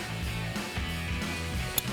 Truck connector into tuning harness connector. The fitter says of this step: push them together till they click, push the safety tab in.